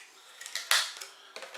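The metal retention lever of a motherboard CPU socket holding a Ryzen 3 1200 is pushed down, with no pressure on the CPU, until it clicks under its plastic tab. A few light ticks come before the sharp click at 0.7 s, and fainter ticks follow at about 1.0 and 1.4 s. The CPU is seated.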